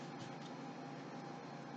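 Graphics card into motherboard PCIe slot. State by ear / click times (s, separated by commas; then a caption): not seated / none. A graphics card is lowered into a computer case and lined up over the motherboard's PCIe slot, before it is pushed home. A steady broadband hum fills the clip, with no distinct knocks or clicks. Nothing has seated or clicked yet.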